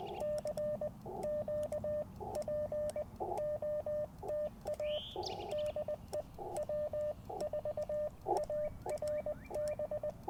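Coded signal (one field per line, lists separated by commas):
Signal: Morse code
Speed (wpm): 20 wpm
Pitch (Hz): 600 Hz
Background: radio noise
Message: CQ POTA DE W4ARB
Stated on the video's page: QRP CW Parks on the Air activation from an Icom IC-705 with a magnetic loop antenna and paddles.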